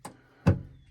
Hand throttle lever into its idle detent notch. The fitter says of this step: so you bring this down till it clicks